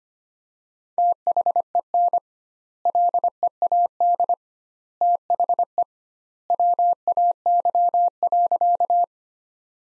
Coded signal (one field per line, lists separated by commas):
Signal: Morse code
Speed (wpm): 25 wpm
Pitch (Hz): 700 Hz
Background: none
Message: THEN LEAD THE WAY.